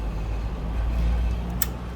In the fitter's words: give it a good i'll push so you can hear it click